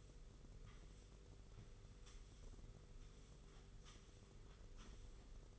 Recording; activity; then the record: daily activity, microphone in the room; sweep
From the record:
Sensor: 4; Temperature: 27.3 degrees Celsius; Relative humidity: 40.1%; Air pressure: 991.3 hPa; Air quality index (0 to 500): 158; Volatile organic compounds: 127 ppm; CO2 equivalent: 3911 ppm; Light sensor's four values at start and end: 24/78/29/30 and 24/77/29/30